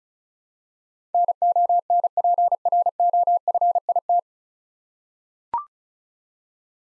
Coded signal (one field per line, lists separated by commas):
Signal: Morse code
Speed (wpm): 36 wpm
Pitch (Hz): 700 Hz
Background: none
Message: NONPROFIT